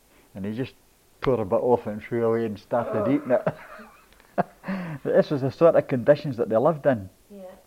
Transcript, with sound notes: and he just pulled a bit off it and threw it away and started eating it!
Aw!
[laughs] But thas was the sorta conditions that they lived in.
Yeah.